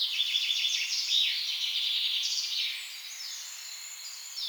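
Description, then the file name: Eurasian blackcap song: a dense, rapid, scratchy warble of high twittering notes that fades out, with faint chirps afterward. "Sylvia atricapilla"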